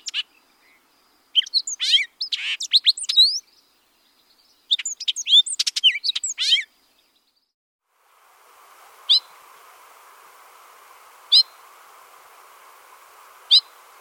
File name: Hooded Oriole